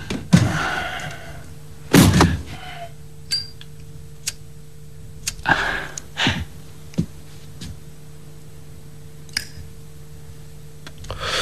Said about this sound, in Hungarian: Tudja, becsukná az ajtót, hadd aludjanak a szüleim.